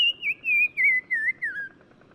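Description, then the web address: Black-crowned tchagra song: five clear whistled notes in quick succession, wavering and stepping down in pitch, then fading into quiet. Recorded in Morocco. "Black-crowned Tchagra. new sound approach title morocco"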